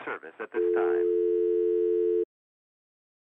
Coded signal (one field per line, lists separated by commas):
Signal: telephone call progress tone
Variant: North America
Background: speech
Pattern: dial tone